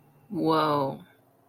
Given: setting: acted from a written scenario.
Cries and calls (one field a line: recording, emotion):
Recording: vocal sound without words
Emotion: awe